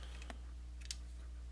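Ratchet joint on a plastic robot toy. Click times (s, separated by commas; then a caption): 0.3 s, 0.9 s. A ratchet joint on a plastic robot toy is rotated through its ratchet stops, giving sharp clicks at 0.3 s and 0.9 s with fainter ticks around them over a steady low hum. The joint seats into each position.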